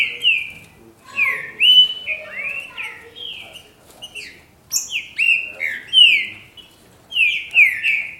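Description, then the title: Green-winged saltator: clear, falling whistles grouped into short phrases, with brief silent gaps between bursts. "Trinca Ferro"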